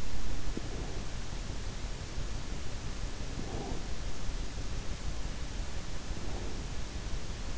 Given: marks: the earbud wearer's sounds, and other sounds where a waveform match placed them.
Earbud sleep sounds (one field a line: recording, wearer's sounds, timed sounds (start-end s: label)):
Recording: sounds in sleep by an in-ear microphone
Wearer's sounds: breath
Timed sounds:
0.41-1.16 s: breath
3.36-3.90 s: breath
6.04-6.65 s: breath